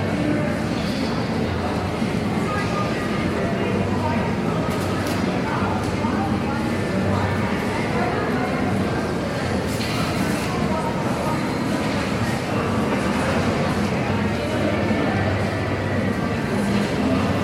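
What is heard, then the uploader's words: Inside a busy train station hall, a dense wash of overlapping voices and footsteps fills the space at a steady, loud level over a constant low rumble, likely trains. Brief sharper bursts cut through around five and ten seconds. Inside Union Station.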